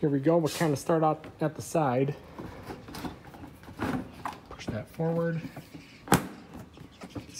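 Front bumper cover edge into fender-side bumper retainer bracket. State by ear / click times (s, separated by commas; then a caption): seated / 6.1 s. Someone talks while the plastic front bumper cover edge of a 2002 Acura TL-S is pushed forward into the fender-side bumper retainer bracket, with soft handling knocks and rubs in between. At 6.1 s there is a sharp, loud click as the cover's holes slide over the bumps on the retainer and the cover seats and locks in place.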